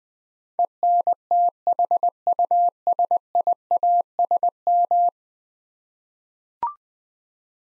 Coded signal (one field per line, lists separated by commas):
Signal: Morse code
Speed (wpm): 20 wpm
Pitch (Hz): 700 Hz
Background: none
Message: ENTHUSIASM